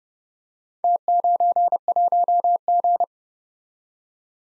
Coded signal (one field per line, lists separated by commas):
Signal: Morse code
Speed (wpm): 30 wpm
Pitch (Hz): 700 Hz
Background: none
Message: T91G